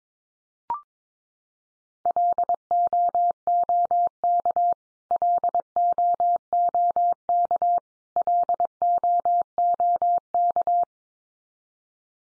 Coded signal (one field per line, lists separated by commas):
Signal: Morse code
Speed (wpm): 22 wpm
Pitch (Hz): 700 Hz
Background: none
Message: LOOK LOOK LOOK